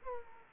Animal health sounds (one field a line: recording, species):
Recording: mosquito wingbeat signal from an infrared sensor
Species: Aedes aegypti